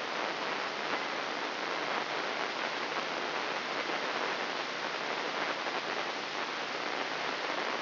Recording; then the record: brain microelectrode recording played as sound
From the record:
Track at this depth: inside the subthalamic nucleus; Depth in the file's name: 2.311 mm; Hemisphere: left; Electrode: 3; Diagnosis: Parkinson's disease